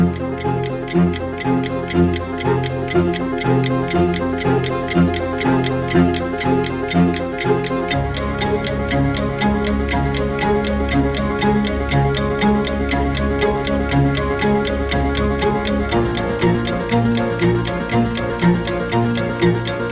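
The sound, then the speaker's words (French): A steady, evenly spaced clock tick runs throughout, layered over a continuous musical bed with low bass notes and sustained tones. No one speaks. “cette semaine, tic-tac, tic-tac, suite de l'entretien”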